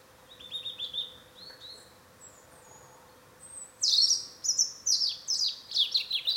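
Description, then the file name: European robin singing thin high warbles that start soft, then grow into loud rapid trills and sweeping notes in the second half, over a faint steady hum. "Erithacus rubecula"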